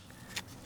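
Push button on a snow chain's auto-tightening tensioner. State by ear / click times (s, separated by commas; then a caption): seated / 0.4 s. The push button on the plastic auto-tightening tensioner of a NEOCHIAEVO tire snow chain is pressed in by hand. A soft faint sound at about 0.1 s gives way to a single short, sharp click at 0.4 s over a low steady background noise. The button clicks in and seats.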